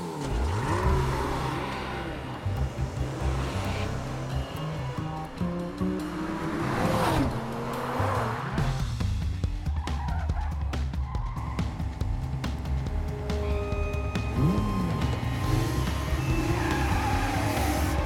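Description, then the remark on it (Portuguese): Several car engines roar and rev loudly as vehicles speed off, pitch climbing and dropping in surges, with thin high-pitched tire squeals streaking over the steady low rumble. No one speaks. “Pros carros, todo mundo! Você, dirige.”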